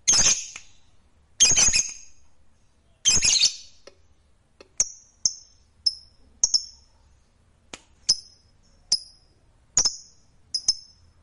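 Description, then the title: Lovebird giving three harsh, loud screechy calls followed by a series of short, sharp high chirps. "Suara Lovebird"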